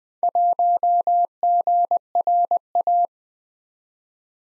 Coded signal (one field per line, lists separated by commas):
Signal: Morse code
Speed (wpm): 20 wpm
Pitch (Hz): 700 Hz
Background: none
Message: 1GRA